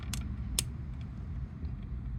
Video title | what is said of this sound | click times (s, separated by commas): HOW TO CHANGE A SIM CARD in a Smart LED FX Outdoor LED Sign Brain Box | okay when you hear an audible click then you can see that it's uh that it's fully inserted | 0.6 s